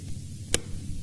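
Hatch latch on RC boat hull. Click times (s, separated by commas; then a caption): 0.5 s. A hatch latch on an Atomik Barbwire RC boat hull, with the hatch pressed against its foam seal, is turned until it points toward the stern. It gives a single sharp click at 0.5 s over low steady background noise. The latch seats in its secured position.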